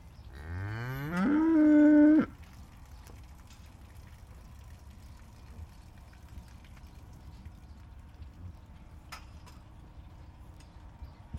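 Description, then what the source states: Cattle mooing: one loud moo that rises and then holds level for nearly two seconds, followed by quiet background hum. Impatient cattle lined up by a roadside pasture waiting for breakfast in the morning, recorded during a pit stop on the way home.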